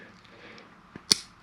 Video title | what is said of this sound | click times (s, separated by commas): How to remove your Quicksilver 3000 Classic boat throttle arm - EASY! | until it snaps. | 1.1 s